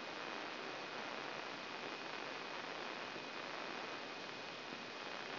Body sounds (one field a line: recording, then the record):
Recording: brain microelectrode recording played as sound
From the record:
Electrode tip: outside the subthalamic nucleus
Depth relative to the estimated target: 5 mm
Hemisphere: left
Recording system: AlphaMap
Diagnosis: Parkinson's disease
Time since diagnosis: 16 years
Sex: male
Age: 60 years